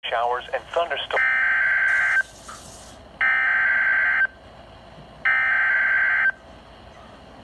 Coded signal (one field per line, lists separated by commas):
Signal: Emergency Alert System (SAME) tones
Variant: header bursts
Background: speech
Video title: Early Alerts of mine (EAS #11-20)